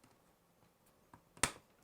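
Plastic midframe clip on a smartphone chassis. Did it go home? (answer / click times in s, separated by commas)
released / 1.4 s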